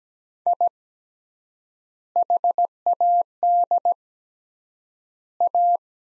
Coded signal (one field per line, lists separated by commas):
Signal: Morse code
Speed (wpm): 17 wpm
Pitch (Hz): 700 Hz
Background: none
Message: I HAD A